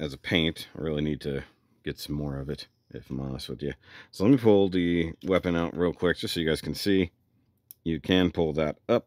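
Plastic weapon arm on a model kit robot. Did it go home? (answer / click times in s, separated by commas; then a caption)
no / none. Someone talks throughout while handling the plastic weapon arm on a P-Bandai HG GN-011 Gundam Harute (Final Battle Ver) Gunpla model kit robot, pulling it out and up toward its deployed position. The weapon has not locked into place yet, and nothing has seated or clicked.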